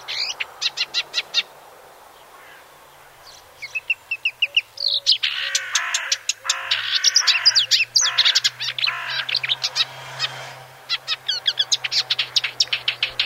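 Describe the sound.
Icterine warbler song: a fast, varied stream of sharp chirps, nasal notes and squeaky whistles. Some phrases repeat, and the delivery grows denser and louder midway.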